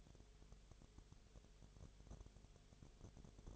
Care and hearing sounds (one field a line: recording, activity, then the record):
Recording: daily activity, microphone in the room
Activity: no activity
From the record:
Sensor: 4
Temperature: 22.0 degrees Celsius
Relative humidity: 29.4%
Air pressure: 1002.1 hPa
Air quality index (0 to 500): 60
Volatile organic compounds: 1 ppm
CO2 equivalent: 610 ppm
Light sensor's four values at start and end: 2/3/1/1 and 2/3/1/1